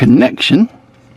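Plastic tabs are being handled and pushed toward the inside of a combining robot toy's toe section to join two figures. Someone talks briefly, then the sound drops to a quiet background hum. Nothing has seated or clicked yet.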